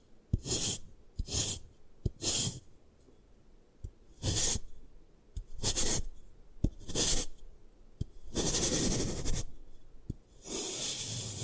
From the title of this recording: Satisfying Ways to Destroy Gym Chalk